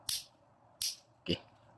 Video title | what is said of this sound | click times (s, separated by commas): Pemutar Skru SATA | Okey kita dengar klik dia. | 0.1 s, 0.8 s